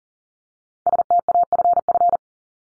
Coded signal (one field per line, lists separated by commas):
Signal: Morse code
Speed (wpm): 40 wpm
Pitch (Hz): 700 Hz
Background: none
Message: STAFF